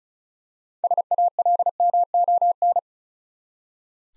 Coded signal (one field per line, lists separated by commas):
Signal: Morse code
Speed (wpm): 36 wpm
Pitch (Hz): 700 Hz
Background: none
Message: SALMON